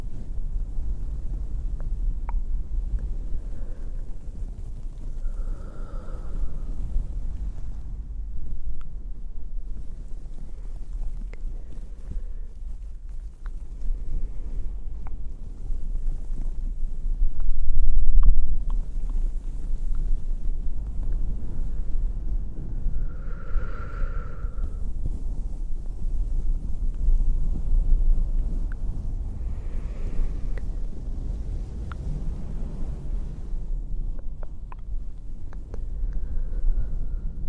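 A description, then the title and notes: Soft blanket rustling moves slowly over a steady low rumble, with small sharp tongue clicks scattered throughout. A few brief, breathy tones rise around 6, 24 and 30 seconds, and the rustle swells slightly near 18 seconds before settling back. ASMR slow & gentle blanket sounds w tongue clicking and breathing - soft, crinkly, no talking.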